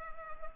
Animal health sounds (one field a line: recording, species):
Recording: mosquito wingbeat signal from an infrared sensor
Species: Culex pipiens